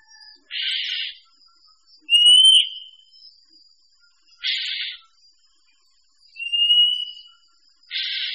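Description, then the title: Birds calling: short harsh noisy bursts every three to four seconds alternate with clear, drawn-out whistles, in an otherwise quiet background. Mixed birds. "manuk campur"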